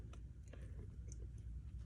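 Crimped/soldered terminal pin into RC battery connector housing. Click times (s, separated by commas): 1.1 s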